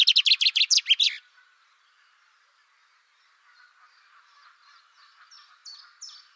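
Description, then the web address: Bird sounds: a loud, rapid trill of sharp high notes for about one second, a quiet gap, then faint chirps growing slightly louder toward the end. "cianscape birddata Deverinetal 2025 Bird Only Fr Co"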